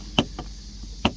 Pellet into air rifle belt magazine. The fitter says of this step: You hear it just click like that,